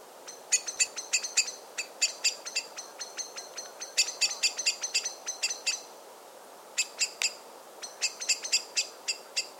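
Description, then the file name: Common blackbird calls: long runs of sharp, high metallic ticks, sometimes quickening into rattling bursts, with a brief quiet gap midway. "Turdus merula"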